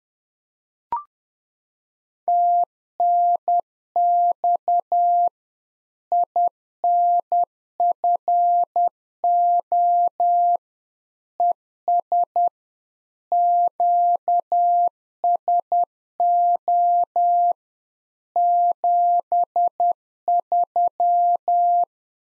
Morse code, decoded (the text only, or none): TNX INFO ES QSO 73